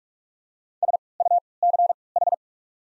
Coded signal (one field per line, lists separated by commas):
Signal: Morse code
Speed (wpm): 46 wpm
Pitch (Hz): 700 Hz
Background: none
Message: SUCH